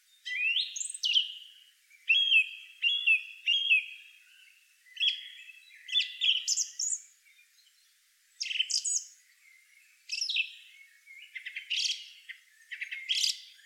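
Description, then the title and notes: Song thrush song: a string of bright, varied whistled and chirpy phrases, some short notes given two or three times in a row, with brief pauses between phrases. "Song thrush. Певчий дрозд by deepsweet"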